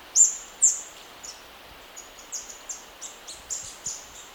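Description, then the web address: Orange-crested flycatcher uttering thin, very high slurred notes, two louder ones first, then a series of softer ones. Ecuador. "Birds of Ecuador Orange-crested Flycatcher"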